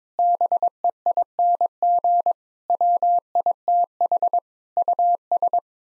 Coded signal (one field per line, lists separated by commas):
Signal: Morse code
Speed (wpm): 22 wpm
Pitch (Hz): 700 Hz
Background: none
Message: BEING WITH US